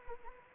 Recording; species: mosquito wingbeat signal from an infrared sensor; Anopheles arabiensis